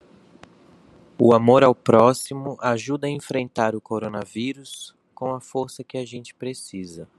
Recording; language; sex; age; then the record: spoken sentence; Brazilian Portuguese; male; 20 to 29 years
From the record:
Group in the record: control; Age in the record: 25 years